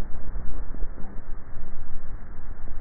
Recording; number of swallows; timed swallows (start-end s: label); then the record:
swallowing sounds by neck microphone; 1
0.25-0.75 s: swallow
From the record:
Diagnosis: dysphagia